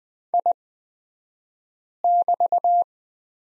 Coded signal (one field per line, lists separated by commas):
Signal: Morse code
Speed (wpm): 20 wpm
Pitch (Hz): 700 Hz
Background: none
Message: I<BT>